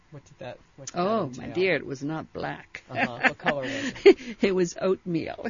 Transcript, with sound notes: What did that entail?
Oh, my dear, it was not black. ( she laughs )
What color was it?
It was oatmeal.